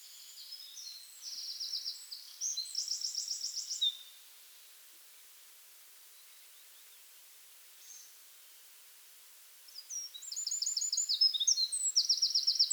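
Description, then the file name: Eurasian wren song: a burst of shrill, quick trills and chattering notes, a long quiet pause, then the rapid high song starts again near the end. "Troglodytes troglodytes"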